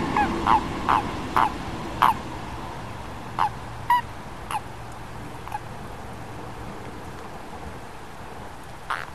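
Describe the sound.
Amphibian giving short honking calls in an irregular series, louder early on and becoming sparser and softer, over steady background noise.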